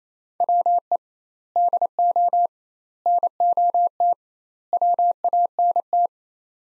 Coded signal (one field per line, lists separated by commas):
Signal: Morse code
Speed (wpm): 28 wpm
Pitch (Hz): 700 Hz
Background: none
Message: WE DO NOT WANT